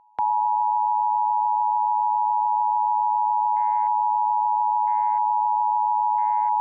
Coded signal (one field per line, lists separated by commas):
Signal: Emergency Alert System (SAME) tones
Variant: 853 and 960 Hz attention tone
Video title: EAS Scenario #2 - Tilt